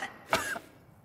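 A single, brief dry cough from an adult, acted out as a main symptom of the coronavirus (COVID-19).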